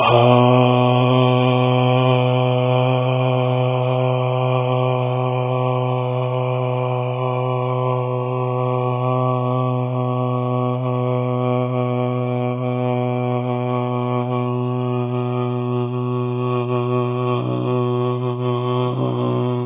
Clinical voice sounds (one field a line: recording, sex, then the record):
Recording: sustained vowel /a/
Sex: male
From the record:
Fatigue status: no fatigue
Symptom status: symptomatic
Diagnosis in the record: COVID-19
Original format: 3gp